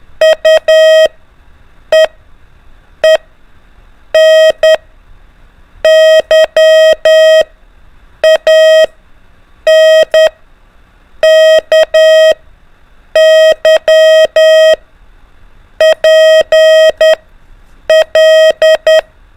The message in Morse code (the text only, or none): UEEN YANKY PL